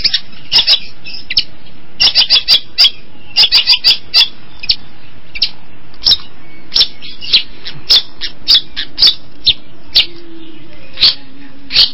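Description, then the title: Long-tailed shrike giving a long run of sharp, clipped notes and short harsh bursts, irregularly spaced. Combination song. "Cendet Kombinasi"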